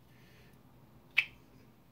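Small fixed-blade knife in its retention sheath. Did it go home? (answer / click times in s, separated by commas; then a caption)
released / 1.2 s. A small Bestech Reticulan BT1810D fixed-blade knife is pulled from its friction/retention sheath and pops out with one sharp snap at 1.2 s. The rest of the clip is quiet, and the knife comes free of the sheath.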